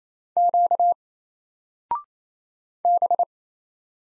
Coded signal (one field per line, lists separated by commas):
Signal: Morse code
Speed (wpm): 28 wpm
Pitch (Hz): 700 Hz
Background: none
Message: Q B